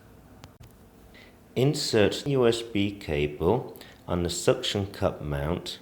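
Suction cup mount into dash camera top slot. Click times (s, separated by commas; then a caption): 0.4 s. A suction cup mount is slid into the slot on top of a Zero Edge Z3G dash camera until it clicks into place, with a sharp click at 0.4 s followed by fainter ticks. Someone then talks.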